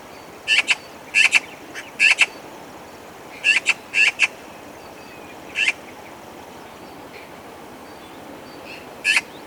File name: Pica pica